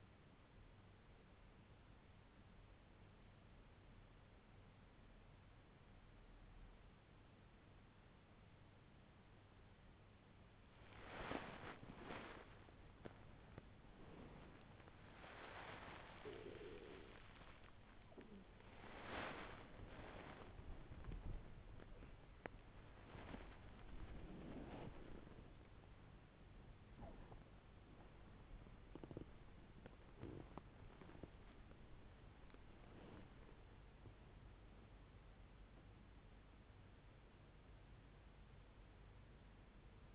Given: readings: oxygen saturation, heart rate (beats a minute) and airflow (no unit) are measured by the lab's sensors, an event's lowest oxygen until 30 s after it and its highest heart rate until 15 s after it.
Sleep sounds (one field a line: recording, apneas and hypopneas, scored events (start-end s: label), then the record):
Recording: a person awake in a sleep study, by a voice recorder at the bedside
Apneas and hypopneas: none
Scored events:
0.00-40.15 s: awake
From the record:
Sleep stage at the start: awake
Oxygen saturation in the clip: 95 to 96%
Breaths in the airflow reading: 8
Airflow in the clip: -8.8 to 12.2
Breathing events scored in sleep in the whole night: 368 in 8.0 hours asleep